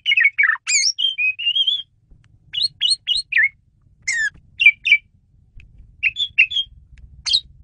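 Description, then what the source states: Asian pied starling giving a rapid run of varied whistled and chattering notes, some rising and falling, then a pause before further scattered squeaky notes over a faint low rumble. Female bird, used as a lure bird.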